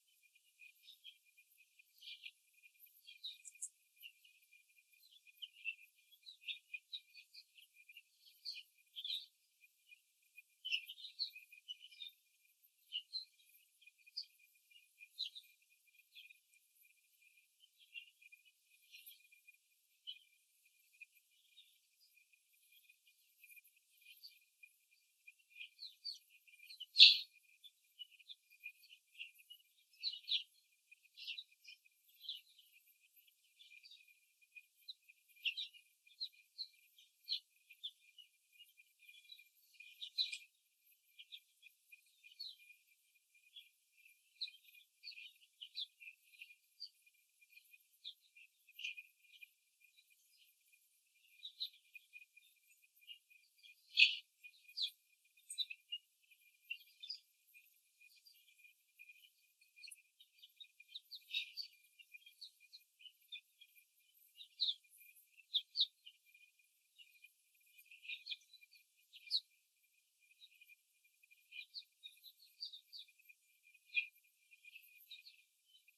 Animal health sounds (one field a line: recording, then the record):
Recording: young laying hens in a cage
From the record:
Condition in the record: before the stressor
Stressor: simulated dog barking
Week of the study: 3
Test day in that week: 1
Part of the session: 2